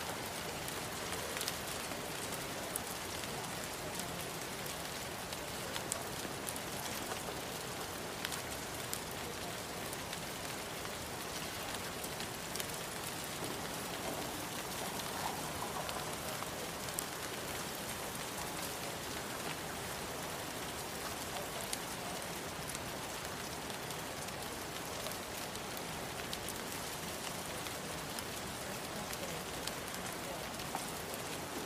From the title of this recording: Rain Sounds At Coffee Shop